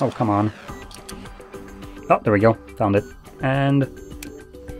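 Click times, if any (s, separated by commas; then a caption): 4.2 s. An interchangeable bezel for a CMF Watch Pro 2 smartwatch is pressed onto the watch case after the right alignment point is found, while someone talks and music plays. Faint handling taps follow, then the bezel snaps on with a sharp click at 4.2 s and locks into place.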